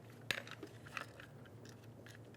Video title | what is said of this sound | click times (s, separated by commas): How to Replace Rear Exterior Door Handle Reinforcement 2000-2007 Ford Focus | make sure it locks into place with the tab | 0.3 s